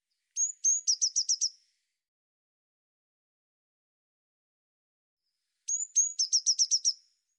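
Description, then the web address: Eurasian blue tit calling: two thin, high whistled notes, then a quick run of five or six sharp, buzzy notes. The phrase repeats about five seconds later against silence. "cianscape birddata Deverinetal 2025 File cleaned normalized Bird Cy Ca"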